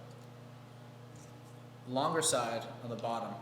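A plastic shifter cable end connector's longer side is being handled toward the bottom ball stud of a Rennline TR11 billet short shifter for a Porsche 991, and nothing has seated or clicked yet. A low steady hum fills the first 1.9 seconds, then someone talks until the end.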